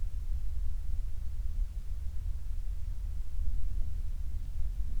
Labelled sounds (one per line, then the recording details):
near silence
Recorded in the Prudhoe Bay oil fields, Alaska, on 28 July 2019 at 05:29
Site 25